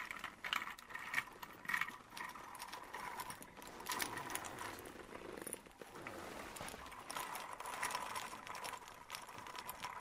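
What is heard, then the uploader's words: Gentle rustling and creaking of a leather coat, with a dense run of small clicks and crinkles packed throughout the ten seconds. Brighter snaps stand out near the start and around four and eight seconds, over a faint low rumble. The gentle sounds of his leather coat and a beautiful land octopus.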